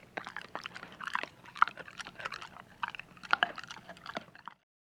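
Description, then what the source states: Dog crunching dry food, bursts of hard bites and chewing for about four and a half seconds, then silence. Dog eating hard crunchy food.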